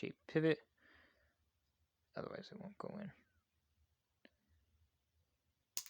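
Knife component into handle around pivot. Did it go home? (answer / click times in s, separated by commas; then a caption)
yes / 5.8 s. Someone talks while reassembling a Tangram Santa Fe folding knife, pushing a knife component into the handle around the pivot. A small tick comes at 4.2 s, then a sharp click at 5.8 s as the part seats and the knife parts fit together.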